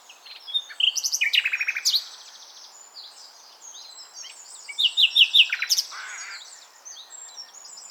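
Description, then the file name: Common nightingale song: a loud rapid trill at the start, a quieter pause, then another burst of sharp repeated notes and fading twitters. "Luscinia megarhynchos"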